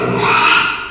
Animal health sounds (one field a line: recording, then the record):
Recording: squeal of a Yucatan mini pig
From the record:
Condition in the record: after surgery on the right vocal fold (resection and tissue-engineered implant)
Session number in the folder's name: 1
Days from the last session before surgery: 6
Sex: male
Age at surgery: 12 weeks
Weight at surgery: 13 kg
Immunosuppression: cyclosporine, prednisolone